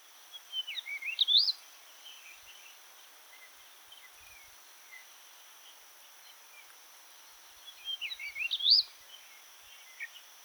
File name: Jerdon's bush chat